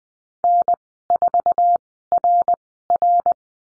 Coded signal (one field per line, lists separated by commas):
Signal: Morse code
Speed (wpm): 20 wpm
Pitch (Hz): 700 Hz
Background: none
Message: N4RR